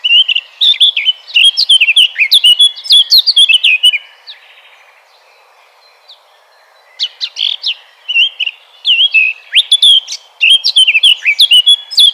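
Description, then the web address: Eurasian blackcap delivering two bright warbling phrases of fast whistled and twittering notes, separated by a silent gap of about three seconds. "vogelstimmen moenchsgrasmuecke gesang nabu lars lachmann"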